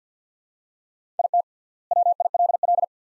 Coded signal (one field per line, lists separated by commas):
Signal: Morse code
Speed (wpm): 50 wpm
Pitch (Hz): 700 Hz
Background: none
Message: IT WILL